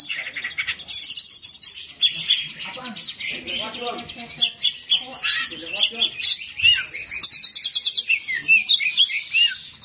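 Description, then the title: Oriental magpie-robin song, a rapid, varied run of sharp whistles, chirps and buzzy trills, high-pitched and nearly continuous for ten seconds with barely a pause. "Kacer"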